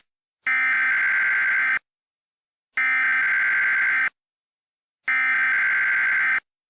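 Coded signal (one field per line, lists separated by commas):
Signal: Emergency Alert System (SAME) tones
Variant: header bursts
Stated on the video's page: Fictional mock EAS alert, not a real one.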